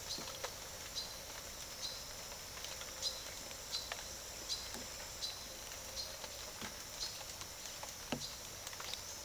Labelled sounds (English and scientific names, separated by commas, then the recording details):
Silver-beaked Tanager (Ramphocelus carbo)
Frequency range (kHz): Silver-beaked Tanager (Ramphocelus carbo) 2.6-10.3 kHz
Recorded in secondary vegetation near Puerto Asís, Putumayo, Colombia, on 19 June 2025 at 16:30
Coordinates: 0.489, -76.322
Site G021